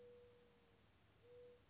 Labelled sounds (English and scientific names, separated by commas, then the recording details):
Mourning Dove (Zenaida macroura)
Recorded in Sonoma County, California